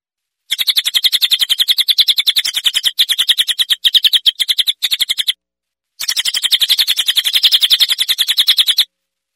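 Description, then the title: Bird song: fast, buzzy pulsed trills in two long bursts separated by a short pause, with a few tiny breaks in the first burst. "SuaraBurung Kicau"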